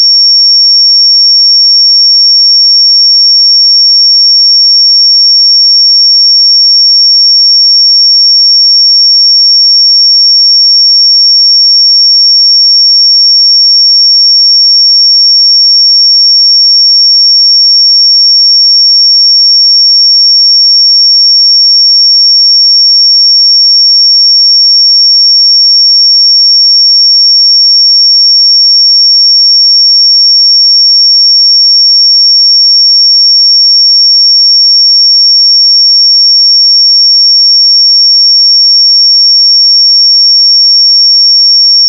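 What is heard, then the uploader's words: A pure sine tone at 5504 Hz holds perfectly steady for the full forty-two seconds. The pitch is high and piercing, with no wavering in pitch or loudness and no other sounds behind it. 5504 Hz 1 Hz Interval Sine Pure Tone Frequency 441000 Sample Mono.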